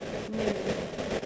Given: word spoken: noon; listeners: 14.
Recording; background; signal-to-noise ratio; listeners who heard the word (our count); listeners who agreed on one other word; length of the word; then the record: one English word in noise, from a listening test; noise modulated by three-talker babble; -4.5 dB; 2 of 14; 7 of 14; 0.86 s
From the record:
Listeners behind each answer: 7, 3, 2, 2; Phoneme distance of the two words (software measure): 14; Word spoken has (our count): 1 syllable, 3 phonemes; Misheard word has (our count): 1 syllable, 3 phonemes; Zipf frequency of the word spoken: 3.56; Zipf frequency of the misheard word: 5.98